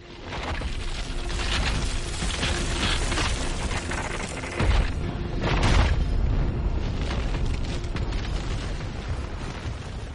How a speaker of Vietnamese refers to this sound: Nhưng ngay khi hắn vừa đứng dậy, thì lại có một tiếng nổ lớn vang vọng ngay trên đỉnh đầu của hắn.